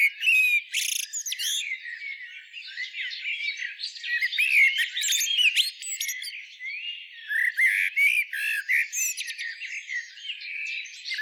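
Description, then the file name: Common blackbird voicing a busy run of warbled notes with sharp clicking chips and brief scratchy bursts, almost continuous throughout. "Turdus merula"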